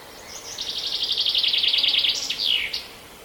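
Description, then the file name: Common chaffinch song, a fast series of high repeated notes ending with a sharp downward flourish. "Fringilla coelebs"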